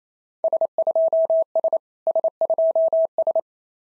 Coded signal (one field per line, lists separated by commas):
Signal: Morse code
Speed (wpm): 27 wpm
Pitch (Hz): 660 Hz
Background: none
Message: S2S S2S